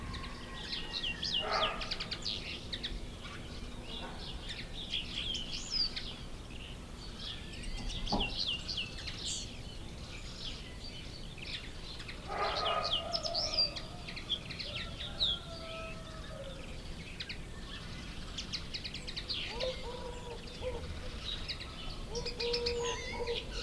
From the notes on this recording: the gentle cooing of doves to the playful warbling of canaries